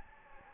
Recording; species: mosquito wingbeat signal from an infrared sensor; Anopheles gambiae